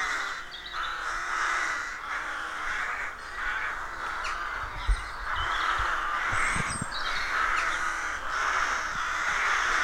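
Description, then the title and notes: Rooks calling in a dense colony, overlapping harsh caws forming a continuous cacophony, with small bird chirps and occasional low thumps. Colony of more than 300 rooks nesting in a dozen roadside trees, deeply rural County Armagh, early spring; pairs greeting, squabbling with neighbours as first chicks hatch. "Sound Escape 113: Enjoy the stirring cacophony of a rook colony. We wandering in deeply rural County Armagh. It's early spring and the rooks rule the woodlands. BBC Countryfile Magazine's Sound Escapes"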